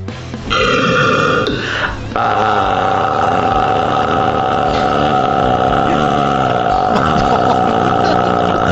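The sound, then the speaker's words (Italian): A long, drawn-out burp rumbles steadily for several seconds, its low, buzzing tone wavering and modulating throughout without breaking off, with no talking over it. “Poi c'è il rutto lungo, che è un rutto piano, bello, cioè di bassa intensità, però deve essere lungo, deve essere modulato, tipo.”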